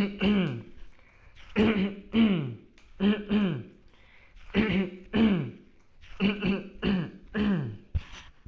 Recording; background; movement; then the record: throat clearing; quiet; sitting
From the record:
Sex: male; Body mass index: 20.6 kg/m2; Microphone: on the chest, facing the body